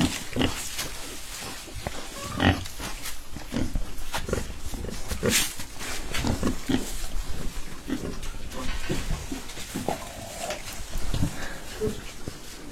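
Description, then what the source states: Domestic pigs grunting, scattered low grunts amid steady background noise. A large adult pig recorded on a large, systematically organised family-built pig farm.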